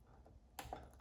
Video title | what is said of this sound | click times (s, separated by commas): DIY Full Computer Build Part 4 of 4 - Final steps, cables, fans, complete. | make sure it clicks in | 0.6 s